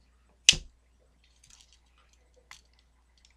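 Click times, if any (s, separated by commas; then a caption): 0.5 s. The spring-loaded bottle opener/screwdriver tool of a Wenger Ranger 78 folding pocket knife is pushed in and locks in its open position so it won't fold under load. A loud, sharp snap at 0.5 s marks it locking in place, followed by faint small ticks and a quieter click near 2.5 s.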